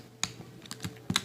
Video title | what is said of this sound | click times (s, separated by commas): studio series review - 51 soundwave | it all snaps into place | 0.2 s, 1.2 s